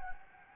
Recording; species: mosquito wingbeat signal from an infrared sensor; Anopheles gambiae